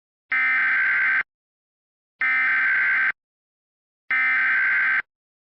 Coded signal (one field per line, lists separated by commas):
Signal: Emergency Alert System (SAME) tones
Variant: header bursts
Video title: EAS Mock: Maryland Bilzzard